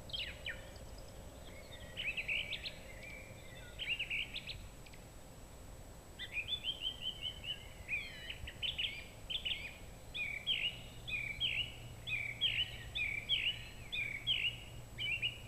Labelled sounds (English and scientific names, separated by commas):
Song Thrush (Turdus philomelos) song